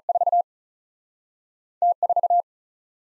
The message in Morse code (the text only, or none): 4 T 4